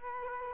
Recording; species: mosquito wingbeat signal from an infrared sensor; Culex quinquefasciatus